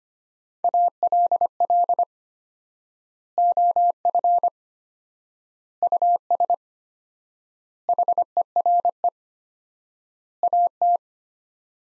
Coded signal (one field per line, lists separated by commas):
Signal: Morse code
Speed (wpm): 25 wpm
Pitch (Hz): 700 Hz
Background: none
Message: ALL OF US HERE AT